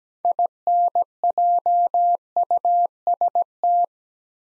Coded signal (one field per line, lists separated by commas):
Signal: Morse code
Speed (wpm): 17 wpm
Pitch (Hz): 700 Hz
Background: none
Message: INJUST